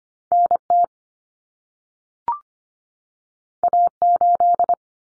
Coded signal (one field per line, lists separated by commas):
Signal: Morse code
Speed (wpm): 25 wpm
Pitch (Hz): 700 Hz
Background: none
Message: NT A8